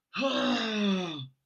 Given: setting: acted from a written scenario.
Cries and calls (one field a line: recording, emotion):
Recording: vocal sound without words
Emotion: anger